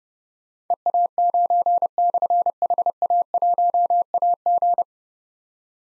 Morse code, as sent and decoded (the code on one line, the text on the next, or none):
. .- ----. -..-. .... .- .---- .- --.
EA9/HA1AG